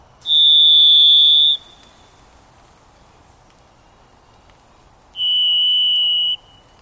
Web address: Birdnote. Varied Thrush